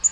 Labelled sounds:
Black-throated Green Warbler flight call

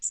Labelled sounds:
Magnolia Warbler flight call

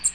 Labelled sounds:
American Redstart flight call

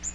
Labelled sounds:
Magnolia Warbler flight call

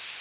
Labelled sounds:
Palm Warbler flight call

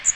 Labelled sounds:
Magnolia Warbler flight call

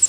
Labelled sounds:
Pine Warbler flight call

